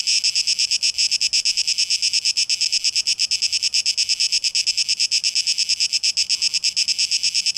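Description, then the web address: Cicada song in fast, even pulses of high rasping buzz, sustained without a break. Cicadas, 12 August 2023, tape echo mix. "rauschpartikel 2023-08-12 Zikaden"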